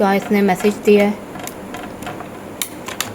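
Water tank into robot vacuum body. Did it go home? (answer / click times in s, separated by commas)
yes / 2.6 s, 3.0 s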